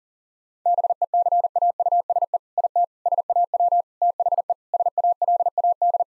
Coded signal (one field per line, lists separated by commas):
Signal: Morse code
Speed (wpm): 40 wpm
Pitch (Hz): 700 Hz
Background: none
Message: BECAUSE IT SAW THE SALAD